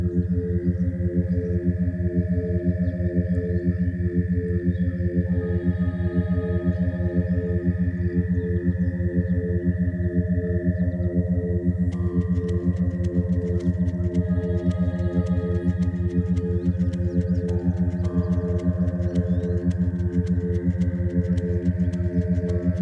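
Frogsong at Miner's Marsh: a steady, fast, even throbbing pulse fills the low end throughout. Higher sustained tones hold above it, shifting pitch every few seconds, and from about twelve seconds a dense patter of fine, bright ticks joins in.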